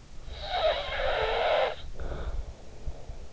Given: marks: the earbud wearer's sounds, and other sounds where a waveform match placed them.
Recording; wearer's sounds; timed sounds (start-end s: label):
sounds in sleep by an in-ear microphone; snoring breath
0.11-3.23 s: snoring breath